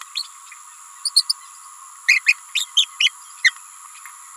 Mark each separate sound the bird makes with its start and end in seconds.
0.15-0.24, 1.04-1.12, 1.15-1.25, 1.29-1.35, 2.08-2.24, 2.26-2.34, 2.54-2.67, 2.76-2.88, 2.99-3.12, 3.43-3.52